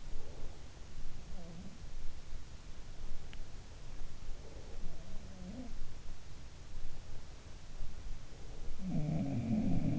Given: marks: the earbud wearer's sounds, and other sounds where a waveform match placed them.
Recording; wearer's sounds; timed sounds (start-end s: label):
sounds in sleep by an in-ear microphone; breath
0.00-0.66 s: breath
1.09-1.94 s: sound from someone else or the room
4.97-5.86 s: sound from someone else or the room
8.86-9.99 s: sound from someone else or the room